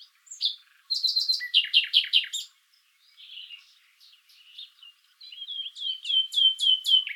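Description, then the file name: Common nightingale song with a burst of rapid repeated notes, a quieter varied stretch, then a run of repeated whistled notes. "Luscinia megarhynchos"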